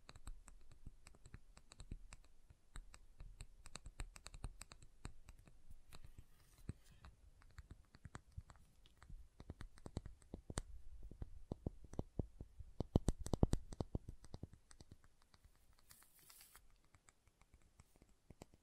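Soap being tapped and carved, heard as a dense stream of sharp clicks and small knocks, quick and irregular like fast typing. The taps run fairly steadily, grow louder and busier around thirteen seconds, then thin out into softer scraping and sparse clicks.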